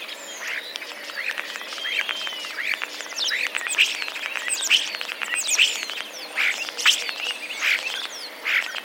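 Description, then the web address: Common starling song of repeated sparrow-like chirps set among rapid clicks and ticking notes. Common starlings; song containing mimicry borrowed from sparrows; recorded 10 April 2023. "wroblowe zapozyczenia szpaki 10 04 2023"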